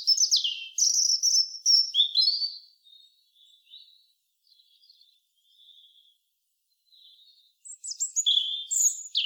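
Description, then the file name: European robin song with bright, tumbling high notes falling in pitch, a soft faint twitter in between, then another loud warbled phrase at the end. "Erithacus rubecula"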